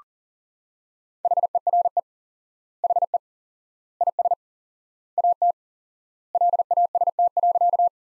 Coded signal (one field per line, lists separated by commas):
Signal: Morse code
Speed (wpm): 37 wpm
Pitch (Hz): 700 Hz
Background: none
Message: HERE HE IS AT LAST.